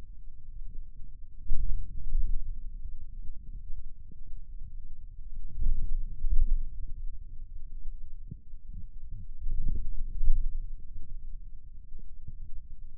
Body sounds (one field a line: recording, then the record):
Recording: forearm muscle sounds (acoustic myography)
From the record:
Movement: wrist extension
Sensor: system 2, bracelet of six BSWA MPA416 microphones around the upper forearm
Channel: 2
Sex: male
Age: 22 years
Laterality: right